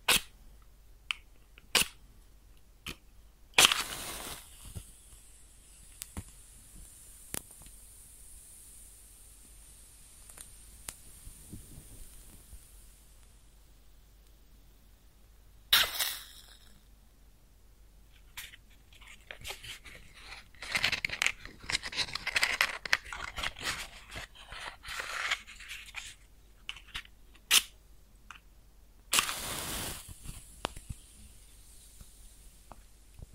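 A match is struck with a sharp scrape near four seconds, then a thin steady hiss of flame runs on for several seconds. Further strikes land around 16 and 29 seconds, with dense irregular crackling and sizzling between roughly 19 and 26 seconds.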